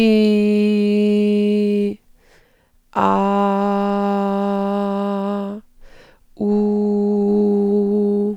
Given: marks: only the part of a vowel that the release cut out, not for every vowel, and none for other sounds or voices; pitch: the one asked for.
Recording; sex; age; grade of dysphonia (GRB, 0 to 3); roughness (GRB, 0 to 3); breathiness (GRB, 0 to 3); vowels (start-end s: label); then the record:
sustained vowels; female; 40 to 49 years; 0; 0; 0
0.00-1.81 s: vowel /i/, normal pitch
4.60-5.38 s: vowel /a/, normal pitch
6.57-8.21 s: vowel /u/, normal pitch
From the record:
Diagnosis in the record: functional dysphonia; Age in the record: 41 years